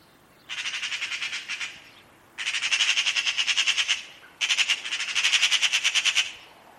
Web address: Bird Only More Classes Pi Pi Pi Pi